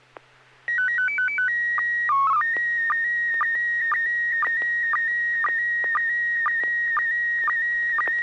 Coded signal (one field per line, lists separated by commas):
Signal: SSTV (slow-scan television)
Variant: PD 120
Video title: N6NA SSTV Net - 08/31/2022